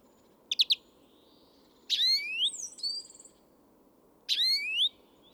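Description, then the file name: European greenfinch calls: a quick cluster of chirps, then two sweeping rising twitters, the first followed by a buzzy trill, over a steady low hum. "Chloris chloris"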